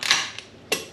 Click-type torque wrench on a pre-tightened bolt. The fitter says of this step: okay the wrench clicks and they think to themselves they've torqued these three bolts they have not